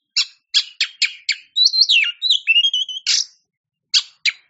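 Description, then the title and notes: Oriental magpie-robin song: sharp chattering notes, then a run of rich, swooping whistled phrases rising and falling, followed by more clipped notes. Champion singing bird (kacer juara). "Kicau Burung Kacer Juara. Suara Kicauan Burung Kacer Juara"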